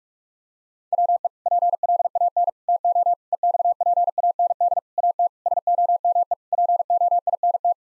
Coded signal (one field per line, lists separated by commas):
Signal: Morse code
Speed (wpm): 46 wpm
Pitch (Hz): 700 Hz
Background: none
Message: WE PLAN TO EXPAND AT SOME POINT